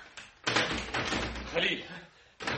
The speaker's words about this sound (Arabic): خليك يا بنتي انا هفتح الباب.